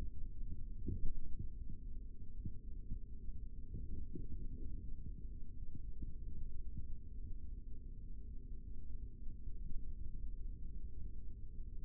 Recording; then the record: forearm muscle sounds (acoustic myography)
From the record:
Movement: rest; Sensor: system 3, bracelet of six PUI Audio POM-2738L microphones around the upper forearm, with dedicated amplification and filtering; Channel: 6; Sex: male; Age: 25 years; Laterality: right